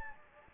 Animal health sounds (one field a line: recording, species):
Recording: mosquito wingbeat signal from an infrared sensor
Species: Anopheles gambiae